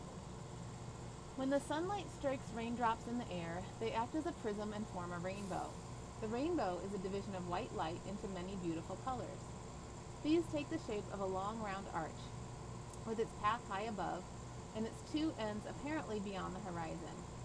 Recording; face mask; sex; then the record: reading aloud; surgical mask; female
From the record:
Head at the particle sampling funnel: turned sideways, cheek in front of it